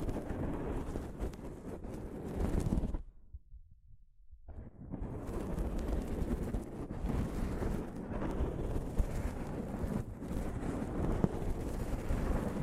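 Soft fabric brushes against a microphone in a dense, low, rumbling rustle, broken by a near-silent pause around three to four seconds.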